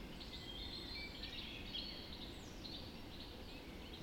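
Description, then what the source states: Bird dawn chorus, a dense tangle of high chirps and short whistles from several singers, set against steady low background noise. Dawn chorus recorded just after dawn in the Forest of Dean.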